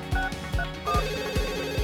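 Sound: telephone ringing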